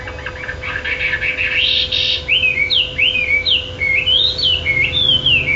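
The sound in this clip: Bird song with a burst of scratchy notes giving way to a fast series of sharp whistles, each sliding downward, about three every second; a steady hum behind.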